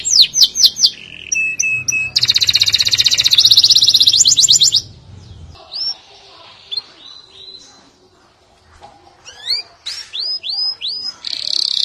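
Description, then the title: Canary song: fast high trills and a loud buzzy roll, a quieter stretch with sparse notes, then sweet slurred notes repeated in quick series, with faint low hum early on. "Kenari"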